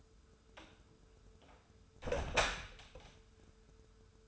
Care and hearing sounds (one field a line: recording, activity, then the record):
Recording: daily activity, microphone in the room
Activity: close door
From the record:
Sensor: 2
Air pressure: 1015.1 hPa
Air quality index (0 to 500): 156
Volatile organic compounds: 7 ppm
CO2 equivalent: 2011 ppm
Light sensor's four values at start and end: 13/35/14/15 and 13/35/14/15